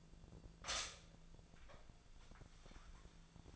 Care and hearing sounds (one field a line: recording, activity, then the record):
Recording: daily activity, microphone in the room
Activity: stop toaster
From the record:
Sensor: 5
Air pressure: 1009.5 hPa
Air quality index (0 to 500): 168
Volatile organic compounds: 4 ppm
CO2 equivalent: 1626 ppm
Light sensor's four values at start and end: 91/240/98/103 and 91/241/98/103